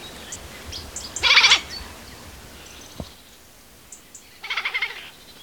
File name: Garrulus glandarius